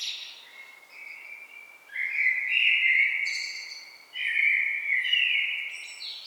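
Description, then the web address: Common blackbird warbling nearly continuously, smooth fluted notes interspersed with brief high squeaky flourishes. "SETE data Turdus merula"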